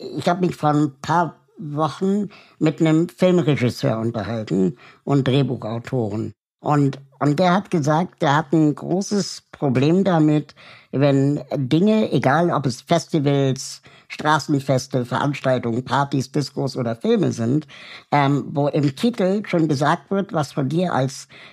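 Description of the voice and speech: An adult speaks fluent conversational German with ordinary fillers and brief repeats; clear, normal speech.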